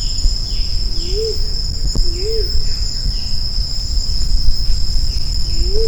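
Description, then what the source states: Grey imperial pigeon calling with a few low, rounded up-and-down notes at uneven intervals, backed by a steady shrill insect whine and faint, higher sliding notes. Recorded on Maratua.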